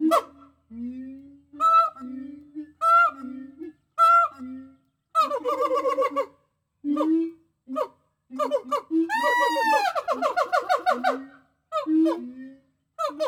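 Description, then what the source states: Gibbon calls: spaced, hoarse hoots give way to fast overlapping notes and a swooping rising-and-falling phrase, then slower hoots again. More than one gibbon.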